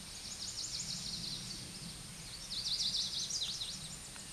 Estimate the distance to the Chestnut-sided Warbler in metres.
about 10 m